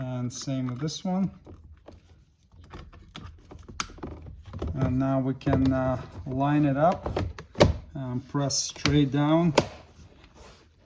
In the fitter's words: So insert the connector and push until it clicks,